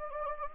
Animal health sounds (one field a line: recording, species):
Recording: mosquito wingbeat signal from an infrared sensor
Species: Anopheles gambiae